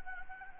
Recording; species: mosquito wingbeat signal from an infrared sensor; Anopheles gambiae